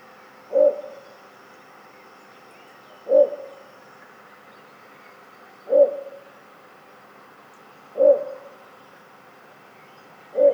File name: torpegem hangja - torpegem - Ixobrychus minutus